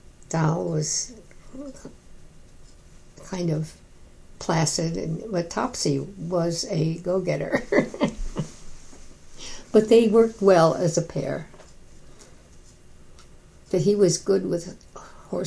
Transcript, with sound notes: Doll was kind of placid, but Topsy was a go-getter. [laughter] They worked well as a pair. He was good with horses.